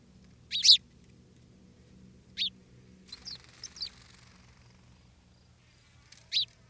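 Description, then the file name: House sparrow giving single sharp chirps spaced a second or more apart, with a brief softer run of chirps in the middle and quiet background hum. "Passer domesticus"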